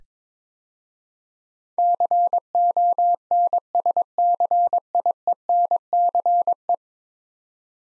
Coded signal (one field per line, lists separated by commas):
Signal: Morse code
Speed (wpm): 22 wpm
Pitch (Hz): 700 Hz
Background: none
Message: CONSCIENCE